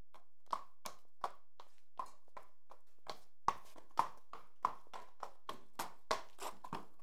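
Horse hooves walking, a series of hollow clops, some louder than others, on a quiet background.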